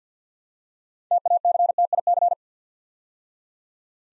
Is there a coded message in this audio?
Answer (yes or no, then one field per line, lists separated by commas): yes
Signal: Morse code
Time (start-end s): 1.1-2.3 s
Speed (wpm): 50 wpm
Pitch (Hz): 700 Hz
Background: none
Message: TACTIC